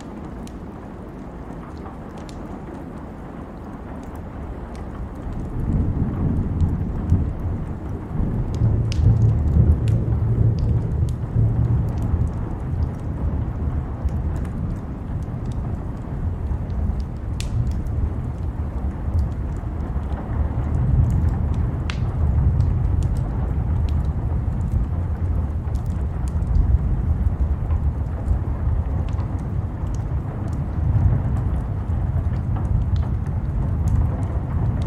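A fireplace on a rainy night: a soft, quiet start swells around five seconds into a steady, deep roar of flames that holds to the end. Sharp little crackles and pops break through irregularly throughout, over a faint, even hiss.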